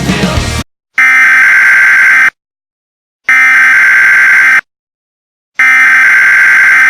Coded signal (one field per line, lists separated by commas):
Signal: Emergency Alert System (SAME) tones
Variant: header bursts